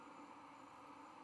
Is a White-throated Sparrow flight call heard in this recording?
no